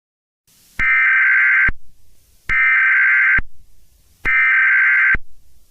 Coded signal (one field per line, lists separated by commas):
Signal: Emergency Alert System (SAME) tones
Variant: header bursts